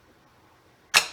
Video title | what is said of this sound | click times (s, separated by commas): Freestyle Libre Sensor Change | and push until it clicks in place that's all the way down I cannot push that any further even if I tried | 1.0 s